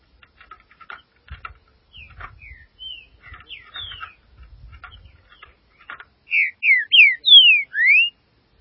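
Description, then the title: Green-winged saltator gives soft slurred notes and chips, then a loud string of five whistled, slurred notes to finish. "Trinca Ferro"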